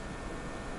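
A glued plastic terminal cup is being pushed through the holes in a Klipsch RP-600M loudspeaker cabinet, and nothing has seated or clicked yet. Only a steady, broadband hiss-like noise is heard for under a second, with no distinct impacts.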